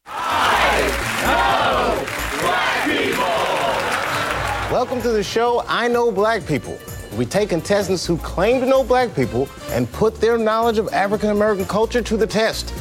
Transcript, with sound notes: I Know Black People.
(APPLAUSE) Welcome to the show "I Know Black People." We take contestants who claim to know black people and put their knowledge of African-American culture to the test.